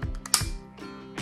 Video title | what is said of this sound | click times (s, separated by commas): Telesin Neck Ring Review -- Magnetic Neck Holder Mount for Action Cameras & Phones | And to close it again, you just slide it in till it clicks shut. | 0.3 s